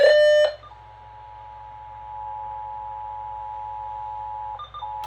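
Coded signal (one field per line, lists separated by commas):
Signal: Emergency Alert System (SAME) tones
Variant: 853 and 960 Hz attention tone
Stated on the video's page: Flash flood warning received on eleven stations, flash flood statement on one station.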